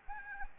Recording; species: mosquito wingbeat signal from an infrared sensor; Anopheles gambiae